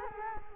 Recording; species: mosquito wingbeat signal from an infrared sensor; Culex quinquefasciatus